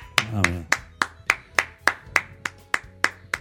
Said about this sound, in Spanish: Fuerte el aplauso.